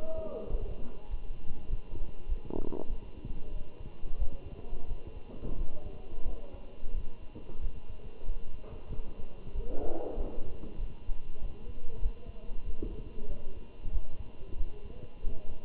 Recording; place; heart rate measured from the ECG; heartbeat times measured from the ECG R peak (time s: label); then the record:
heart sounds by stethoscope; between the tricuspid and mitral areas; 94 bpm
0.51 s: heartbeat
1.10 s: heartbeat
1.69 s: heartbeat
2.28 s: heartbeat
2.89 s: heartbeat
3.52 s: heartbeat
4.18 s: heartbeat
4.88 s: heartbeat
5.57 s: heartbeat
6.25 s: heartbeat
6.93 s: heartbeat
7.61 s: heartbeat
8.26 s: heartbeat
8.91 s: heartbeat
9.54 s: heartbeat
10.17 s: heartbeat
10.79 s: heartbeat
11.41 s: heartbeat
12.02 s: heartbeat
12.65 s: heartbeat
13.28 s: heartbeat
13.92 s: heartbeat
14.57 s: heartbeat
15.23 s: heartbeat
From the record:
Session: Bruce protocol treadmill stress test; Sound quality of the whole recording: good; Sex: male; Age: 27 years